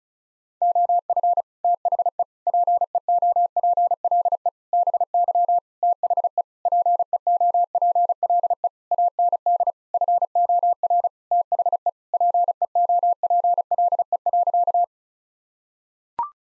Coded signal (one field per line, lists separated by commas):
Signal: Morse code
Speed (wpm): 36 wpm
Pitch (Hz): 700 Hz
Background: none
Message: OF THE PEOPLE BY THE PEOPLE AND FOR THE PEOPLE.